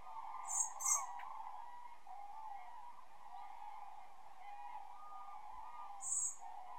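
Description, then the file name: Common blackbird calls: two high, thin seee notes close together, then a long pause and one more, with a constant low droning hum beneath. "Turdus merula"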